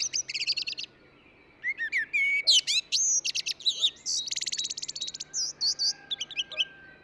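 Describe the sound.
Eurasian blackbird delivering a long, almost continuous run of whistled and scratchy high notes, varied phrases following one another, against a faint steady low hum.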